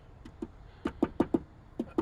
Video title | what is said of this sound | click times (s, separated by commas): DIY RV Mirror - RAMCO SNP-GLS171#RVDIY #ClassAConvexMirror #timeagle #RVlife #RamcoConvex #mirror | snaps into place, | 1.0 s, 1.2 s, 1.3 s, 2.0 s